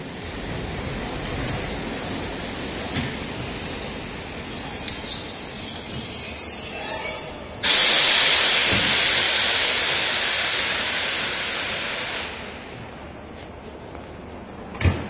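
A special train carrying seawater in tank cars rolls in with a steady rumbling clatter, then a loud, sustained hiss of released steam or air brakes bursts out for several seconds before tapering off. No one speaks.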